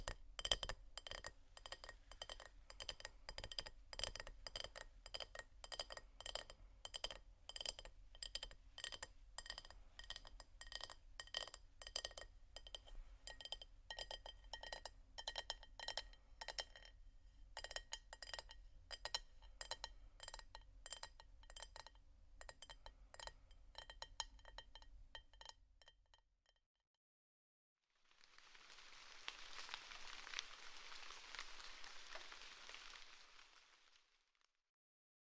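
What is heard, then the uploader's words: Rapid, uneven tapping and scratching on glass and bamboo runs for about twenty-five seconds, bright clicks crowding densely over a low rumble. After a brief silence, a soft, steady hiss like pouring water rises and fades over the last several seconds. Tapping, water, scratching, glass, bamboo, etc(No Talking).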